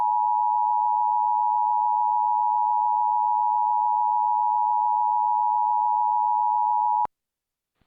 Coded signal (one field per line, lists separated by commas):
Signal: Emergency Alert System (SAME) tones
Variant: 853 and 960 Hz attention tone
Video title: EAS Child Abduction Emergency (AMBER Alert) Coldspring, Texas NOAA Weather Radio (Live/Human Voice)